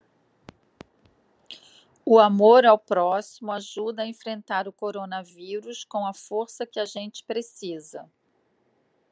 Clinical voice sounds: spoken sentence; Brazilian Portuguese; female; 50 to 59 years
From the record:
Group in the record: control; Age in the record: 56 years

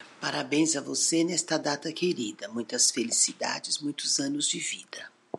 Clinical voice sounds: short text; Brazilian Portuguese; female; 60 to 69 years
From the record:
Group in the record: control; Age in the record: 61 years

